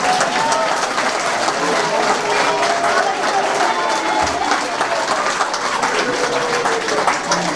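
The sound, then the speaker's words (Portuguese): A sustained round of applause from many people for a teacher, a dense, steady crackle of clapping that stays loud and even throughout, with faint crowd voices mixed in, at the inauguration of the Vera Cruz school in Aveiro on Teachers' Day. “Eu peço de deixar uma salva de palmas para este professor.”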